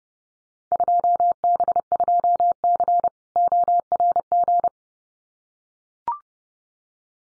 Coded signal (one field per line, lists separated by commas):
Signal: Morse code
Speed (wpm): 30 wpm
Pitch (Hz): 700 Hz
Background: none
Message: 2B2C ORG